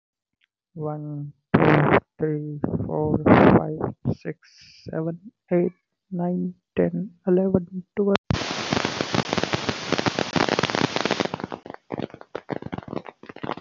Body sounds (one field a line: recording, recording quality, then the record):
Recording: counting at a normal pace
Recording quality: moderate, slight background noise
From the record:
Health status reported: healthy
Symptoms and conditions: none ticked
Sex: male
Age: 25 years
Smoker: not ticked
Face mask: not worn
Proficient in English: yes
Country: India